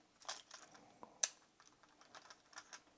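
A plastic battery cover is pressed into a Tamiya Mini 4WD Lord Spirit VZ chassis, with light plastic rustling and small taps before and after. It clips in with one sharp click at 1.2 s, and the cover is confirmed seated.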